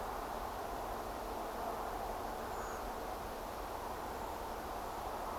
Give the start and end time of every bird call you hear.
[2.50, 2.78] Redwing (6.2-7.7 kHz)

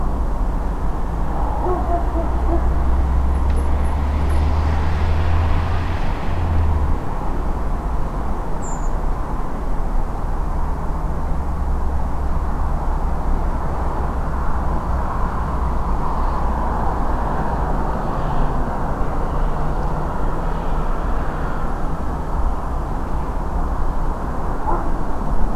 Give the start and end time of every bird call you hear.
[8.61, 8.88] Redwing (6.1-8.2 kHz)

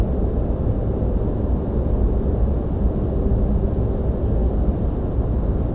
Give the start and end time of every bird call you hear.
[2.40, 2.48] Ortolan Bunting (4.3-5.1 kHz)

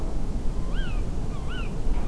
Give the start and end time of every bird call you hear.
[0.57, 1.01] Tawny Owl (0.9-5.1 kHz)
[1.32, 1.69] Tawny Owl (0.9-4.4 kHz)

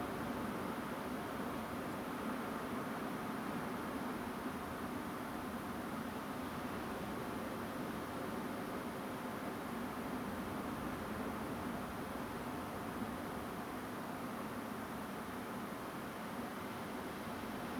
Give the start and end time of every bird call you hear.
[1.91, 1.94] Song Thrush (7.3-7.8 kHz)

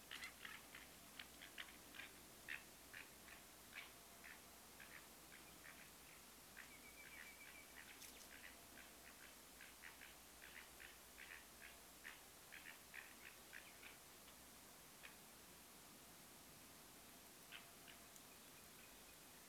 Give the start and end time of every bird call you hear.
[0.10, 0.85] Water Rail (0.9-5.4 kHz)
[1.17, 1.64] Water Rail (1.1-4.8 kHz)
[1.92, 2.08] Water Rail (1.5-4.1 kHz)
[2.46, 2.65] Water Rail (1.4-4.8 kHz)
[2.90, 3.38] Water Rail (1.2-6.0 kHz)
[3.73, 3.85] Water Rail (1.0-4.8 kHz)
[4.23, 4.37] Water Rail (1.4-2.7 kHz)
[4.77, 5.01] Water Rail (1.6-4.0 kHz)
[5.30, 5.37] Water Rail (1.4-3.8 kHz)
[5.44, 5.56] Common Nightingale (2.3-3.2 kHz)
[5.62, 5.86] Water Rail (1.5-2.8 kHz)
[6.04, 6.20] Common Nightingale (1.8-2.7 kHz)
[6.55, 6.69] Water Rail (1.4-3.2 kHz)
[6.70, 8.19] Common Nightingale (1.9-4.0 kHz)
[7.01, 7.83] Water Rail (1.4-4.1 kHz)
[8.30, 9.29] Water Rail (1.4-4.3 kHz)
[9.59, 10.08] Water Rail (1.4-4.2 kHz)
[10.40, 10.91] Water Rail (1.4-3.7 kHz)
[11.16, 11.74] Water Rail (1.5-3.6 kHz)
[12.03, 12.15] Water Rail (1.7-3.3 kHz)
[12.50, 13.95] Water Rail (1.4-4.5 kHz)
[13.64, 13.72] Common Nightingale (2.2-3.4 kHz)
[15.02, 15.08] Water Rail (1.5-3.9 kHz)
[17.51, 17.60] Water Rail (1.2-3.8 kHz)
[17.85, 17.93] Water Rail (1.4-3.6 kHz)
[18.30, 19.14] Common Nightingale (2.3-2.7 kHz)

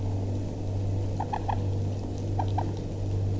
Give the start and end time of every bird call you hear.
[1.20, 1.54] Common Moorhen (0.5-4.7 kHz)
[2.39, 2.62] Common Moorhen (0.5-6.0 kHz)

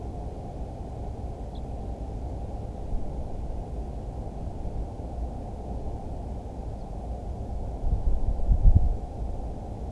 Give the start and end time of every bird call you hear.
[1.53, 1.59] Ortolan Bunting (3.1-4.8 kHz)
[6.78, 6.86] Ortolan Bunting (3.8-5.2 kHz)

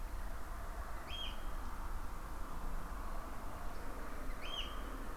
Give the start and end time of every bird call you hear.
[1.05, 1.30] Eurasian Oystercatcher (2.2-7.0 kHz)
[4.29, 4.66] Eurasian Oystercatcher (1.6-7.0 kHz)

